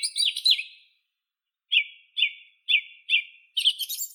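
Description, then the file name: Song thrush song with a quick rich phrase, a pause, then a single clear note repeated four times before a high scratchy flourish. "Neizvesten - Drozd pevchij Turdus philomelos (Zvyki com)"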